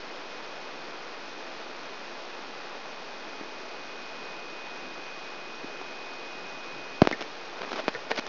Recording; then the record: brain microelectrode recording played as sound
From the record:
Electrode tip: outside the subthalamic nucleus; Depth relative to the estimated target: 3 mm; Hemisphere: left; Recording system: AlphaMap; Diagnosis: Parkinson's disease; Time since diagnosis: 19 years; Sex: female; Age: 64 years